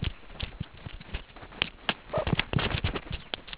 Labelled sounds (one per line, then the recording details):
meerkat close call
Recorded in the Kuruman River Reserve, South Africa
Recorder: an audio tag on a meerkat's collar